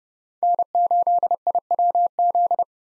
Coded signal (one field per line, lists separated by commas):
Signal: Morse code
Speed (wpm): 38 wpm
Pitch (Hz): 700 Hz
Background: none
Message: N8IWZ